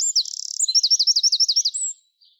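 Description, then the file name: Eurasian wren singing: a high buzzy trill, then a run of bright, fast repeated notes ending in a thin whistle before near silence. "Troglodytes troglodytes"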